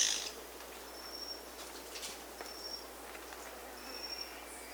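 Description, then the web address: Black-spotted bare-eye call: three short, thin, level high whistles at even intervals over a steady background hiss. Recorded in Peru, in the Amazon. "Birds of the Amazon 2. Black-spotted Bare-eye (Phlegopsis nigromaculata), Peru"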